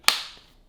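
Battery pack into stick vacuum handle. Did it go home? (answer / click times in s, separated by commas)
yes / 0.1 s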